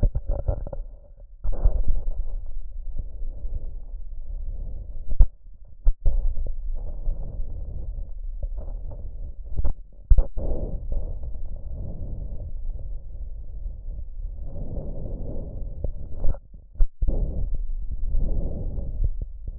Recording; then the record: lung sounds by stethoscope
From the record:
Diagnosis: chronic bronchitis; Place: left posterior upper chest